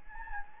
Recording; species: mosquito wingbeat signal from an infrared sensor; Anopheles gambiae